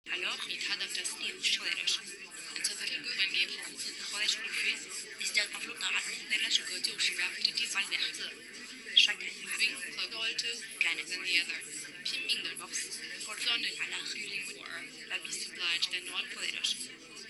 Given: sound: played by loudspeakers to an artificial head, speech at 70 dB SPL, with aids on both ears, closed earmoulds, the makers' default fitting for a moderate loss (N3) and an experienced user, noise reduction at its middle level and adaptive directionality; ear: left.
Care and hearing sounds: speech test signal (ISTS) in cocktail-party noise; -6 dB; in front (0 degrees)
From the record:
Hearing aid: class 2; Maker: H

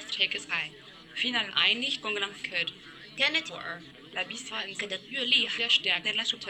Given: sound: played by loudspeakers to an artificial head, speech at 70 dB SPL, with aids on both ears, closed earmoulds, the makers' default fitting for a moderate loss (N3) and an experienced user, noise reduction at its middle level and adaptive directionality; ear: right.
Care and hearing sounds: speech test signal (ISTS) in cocktail-party noise; +6 dB; in front (0 degrees)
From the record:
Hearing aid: class 1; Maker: C

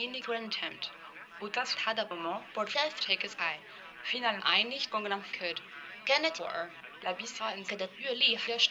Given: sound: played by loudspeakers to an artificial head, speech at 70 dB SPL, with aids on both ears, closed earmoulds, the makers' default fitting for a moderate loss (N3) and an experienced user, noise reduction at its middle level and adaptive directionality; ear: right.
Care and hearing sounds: speech test signal (ISTS) in cocktail-party noise; +9 dB; on the right (90 degrees)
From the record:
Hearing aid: class 1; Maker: F

